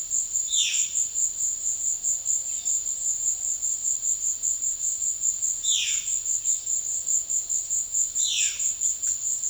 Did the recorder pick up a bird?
yes